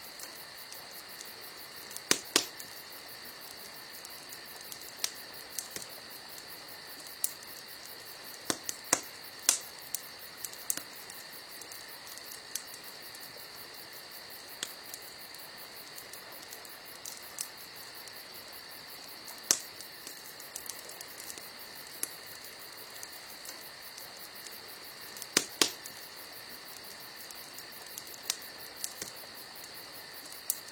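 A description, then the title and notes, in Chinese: Burning firewood gives a steady, soft hiss with a faint high whine running through it. Sharp pops and crackles break in every second or few, with louder snaps near 2, 9, 19 and 25 seconds. 3D白噪音。燃燒的柴火。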